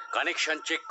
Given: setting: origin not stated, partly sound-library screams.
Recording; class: one-second piece from a danger detection set; woman in danger